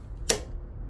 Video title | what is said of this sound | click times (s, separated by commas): SEGWAY NINEBOT MAX G2 la nouvelle trottinette électrique de dora #SEGWAY | Et c'est bon, voilà, c'est clipsé. | 0.3 s